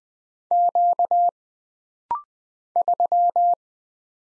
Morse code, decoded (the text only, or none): Q 3